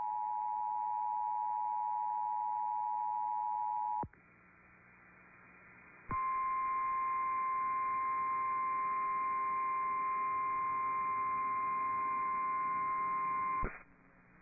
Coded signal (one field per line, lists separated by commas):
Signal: Emergency Alert System (SAME) tones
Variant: 853 and 960 Hz attention tone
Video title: SoCal IS FINALLY GETTING RAIN PART 2... EAS Alerts from 10/14/25 (EAS #6,341 - 6,379)